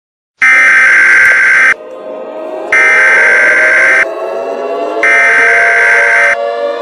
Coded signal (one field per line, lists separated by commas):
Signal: Emergency Alert System (SAME) tones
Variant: header bursts